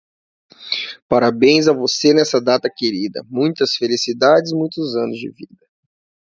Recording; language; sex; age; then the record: short text; Brazilian Portuguese; male; 20 to 29 years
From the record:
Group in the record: control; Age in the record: 28 years